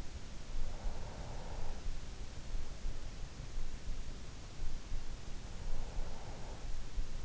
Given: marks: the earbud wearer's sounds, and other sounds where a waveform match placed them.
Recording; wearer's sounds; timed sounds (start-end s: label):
sounds in sleep by an in-ear microphone; breath
0.34-2.60 s: breath
5.25-7.25 s: breath